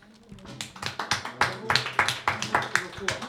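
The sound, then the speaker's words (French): A few people clap their hands in a quick, steady rhythm of sharp, crisp claps lasting several seconds, with faint voices murmuring underneath. “Super, on peut t'applaudir là un peu.”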